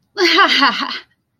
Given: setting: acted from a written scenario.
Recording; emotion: vocal sound without words; amusement